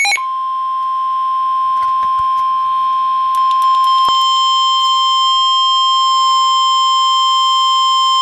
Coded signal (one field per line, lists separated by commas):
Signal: Emergency Alert System (SAME) tones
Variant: 1050 Hz attention tone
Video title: Special Marine Warning [EAS #71] 7-10-12